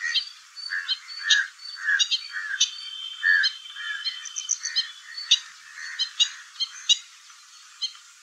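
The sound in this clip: Stilt calls: high, nasal yapping notes in quick irregular bursts, with lower hoarse notes woven through.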